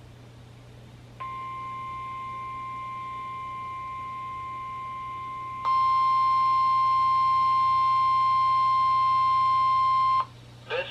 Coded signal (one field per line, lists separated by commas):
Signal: Emergency Alert System (SAME) tones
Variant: 1050 Hz attention tone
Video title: EAS #11: Yet another RWT | KHB36